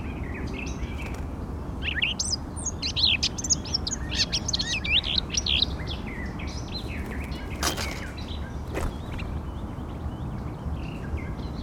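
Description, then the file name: Eurasian blackcap song, a quick varied warble of chattering and whistled notes in the first half, then fading into background hiss with a couple of sharp clicks. "Sylvia atricapilla"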